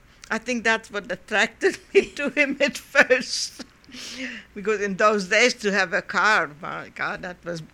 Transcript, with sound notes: I think that's what attracted me to him at first. ( she laughs ) Because in those days to have a car, my God, that was